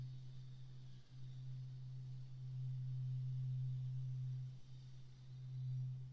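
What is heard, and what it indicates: A steady, low-pitched pure tone hums for about six seconds, with two brief dips in loudness. It is a hearing-test tone for the right ear in a role-played examination, where the listener says stop once the sound can no longer be heard.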